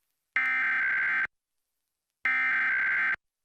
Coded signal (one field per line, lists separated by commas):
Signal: Emergency Alert System (SAME) tones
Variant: header bursts